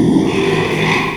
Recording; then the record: squeal of a Yucatan mini pig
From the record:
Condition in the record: after surgery on the right vocal fold (resection and tissue-engineered implant); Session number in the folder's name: 1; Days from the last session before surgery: 6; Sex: male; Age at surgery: 12 weeks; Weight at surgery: 13 kg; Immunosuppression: cyclosporine, prednisolone